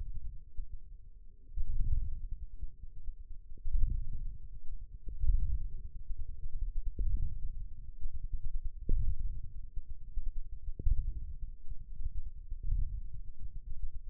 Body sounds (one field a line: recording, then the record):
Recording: forearm muscle sounds (acoustic myography)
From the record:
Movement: ulnar deviation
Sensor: system 1, eight BSWA MPA416 microphones around the upper forearm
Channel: 3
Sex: female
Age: 21 years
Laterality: right